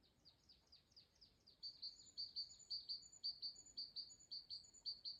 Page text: Great Tit, Parus major Observation time 02-Apr-2025 plkst. 15:16 Strenču novads Count 1 Status Singing male in breeding season